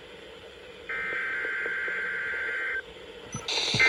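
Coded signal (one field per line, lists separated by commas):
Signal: Emergency Alert System (SAME) tones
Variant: header bursts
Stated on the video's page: Weekly tests from NOAA weather transmitters on 162.450, 162.400 and 162.425 MHz, recorded with iPhones.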